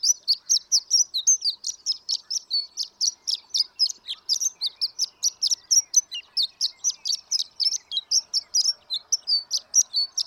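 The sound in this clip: Horned lark song: a long, unbroken stream of high, tinkling, squeaky notes delivered rapidly and evenly, with no other sounds.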